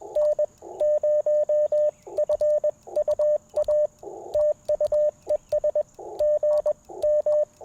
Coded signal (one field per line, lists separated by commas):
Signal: Morse code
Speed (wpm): 21 wpm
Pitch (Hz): 590 Hz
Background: radio noise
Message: N0FUA TU ES GM